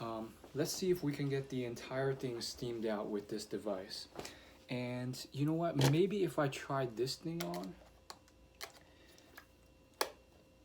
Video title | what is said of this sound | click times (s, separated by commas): The Secret Time Saving Fashion Gadget: Are Clothing Steamers Worth It? Unboxing of Conair Steamer | oh that one actually clicked into place | 10.0 s